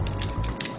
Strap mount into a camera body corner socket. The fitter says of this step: put it in in and turn it snaps in place